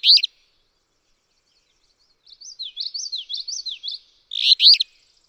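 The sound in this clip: Alder flycatcher song: a short burry phrase at the start and another at the end, bracketing a quick series of high, chevron-like whistled notes.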